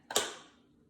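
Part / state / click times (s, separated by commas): attachment onto floor mop body / seated / 0.1 s, 0.2 s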